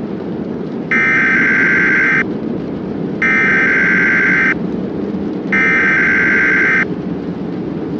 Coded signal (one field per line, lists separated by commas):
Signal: Emergency Alert System (SAME) tones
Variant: header bursts